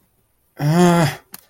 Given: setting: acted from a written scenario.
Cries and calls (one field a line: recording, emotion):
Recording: vocal sound without words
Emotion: distress